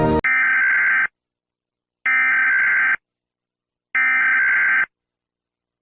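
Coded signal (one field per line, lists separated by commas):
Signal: Emergency Alert System (SAME) tones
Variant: header bursts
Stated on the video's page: EAS alarms recreated with a human voice rather than real tones.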